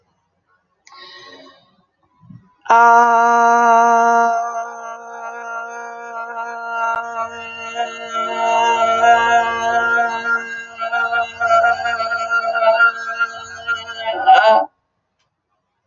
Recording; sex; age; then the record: vowel held as long as possible; female; 30 to 39 years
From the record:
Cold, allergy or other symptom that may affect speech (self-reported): no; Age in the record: 34 years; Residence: Pennsylvania, United States